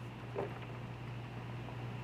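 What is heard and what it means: A JDMuscle OEM-style sport grille is held against the front bumper of a 2022–2024 Subaru WRX so its holes line up with the clip locations, before it is pushed in. A brief soft handling rustle comes near 0.4 s over a steady low hum and background noise. Nothing has seated or clicked yet.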